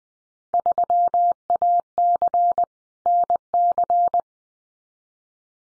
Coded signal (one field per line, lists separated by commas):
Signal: Morse code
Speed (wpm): 20 wpm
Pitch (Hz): 700 Hz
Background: none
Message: 3AC NC